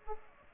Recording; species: mosquito wingbeat signal from an infrared sensor; Culex pipiens